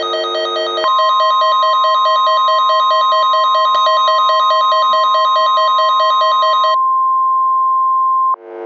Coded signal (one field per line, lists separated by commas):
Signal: Emergency Alert System (SAME) tones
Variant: 1050 Hz attention tone